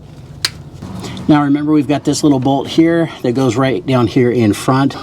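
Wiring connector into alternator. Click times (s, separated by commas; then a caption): 0.5 s. A plastic electrical wiring connector is pushed onto the alternator of a 2007–2019 Toyota Tundra with the 4.6L or 5.7L iForce engine until it clicks. A single sharp click comes at 0.4 s, followed by someone talking. The connector is seated.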